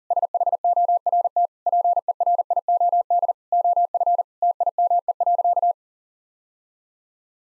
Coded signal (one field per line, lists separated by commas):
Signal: Morse code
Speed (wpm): 37 wpm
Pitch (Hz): 700 Hz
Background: none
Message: SHORT PERIOD OF TIME.